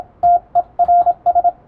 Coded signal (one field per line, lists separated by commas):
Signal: Morse code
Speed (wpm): 27 wpm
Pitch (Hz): 700 Hz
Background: radio noise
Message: TERS